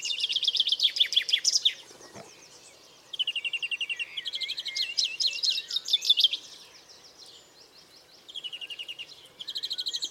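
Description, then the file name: European greenfinch giving rapid rattling trills and twittering phrases in bursts, with a short thump near the start and quieter chirps between bouts. "Chloris chloris"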